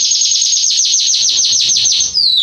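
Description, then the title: Belgian canary song, a fast even high trill of repeated notes ending in a short downward slur. Male Belgian canary singing a lot, used to warm up and train young canaries. "Canary Training Esquente Seu Filhote E Canario Belga Macho Cantando Muito CANTO DO CANRIO"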